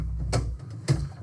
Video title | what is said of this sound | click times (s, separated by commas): Unit 2 - Install the Power Supply | my screw holes are aligned and it is currently locked into place | 0.3 s, 0.9 s